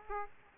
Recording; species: mosquito wingbeat signal from an infrared sensor; Aedes aegypti